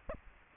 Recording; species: mosquito wingbeat signal from an infrared sensor; Aedes aegypti